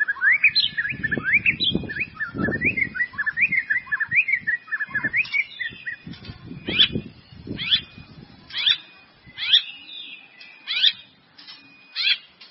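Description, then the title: White-rumped Shama song: rich, varied whistled phrases that swoop up and down, delivered in quick bursts, over low muffled thumping noise. "murai batu"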